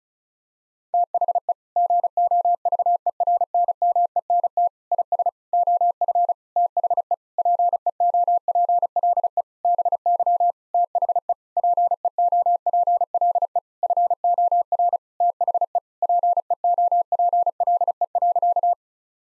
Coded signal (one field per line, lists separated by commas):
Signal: Morse code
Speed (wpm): 36 wpm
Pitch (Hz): 700 Hz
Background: none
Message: THE GOVERNMENT IS OF THE PEOPLE BY THE PEOPLE FOR THE PEOPLE.